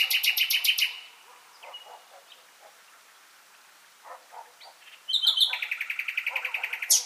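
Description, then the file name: Common nightingale song: a loud burst of rapid, repeated clicking notes, a quiet pause with soft scattered notes, then another fast rattling phrase ending in a sharp high note. "Luscinia megarhynchos"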